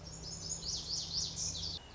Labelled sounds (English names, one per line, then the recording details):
Lazuli Bunting
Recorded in Sonoma County, California